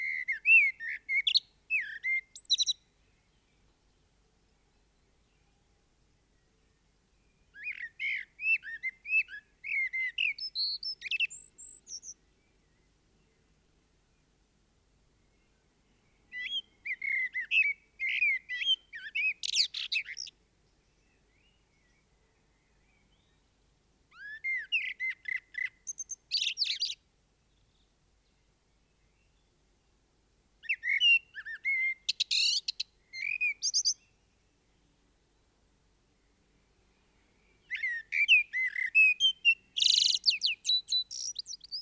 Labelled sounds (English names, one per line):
Common Blackbird song